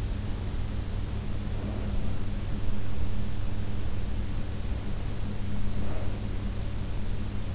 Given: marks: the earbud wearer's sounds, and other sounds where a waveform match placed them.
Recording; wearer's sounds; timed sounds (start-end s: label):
sounds in sleep by an in-ear microphone; breath
1.04-2.17 s: breath
5.67-6.60 s: breath